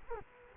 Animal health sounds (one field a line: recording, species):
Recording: mosquito wingbeat signal from an infrared sensor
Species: Culex quinquefasciatus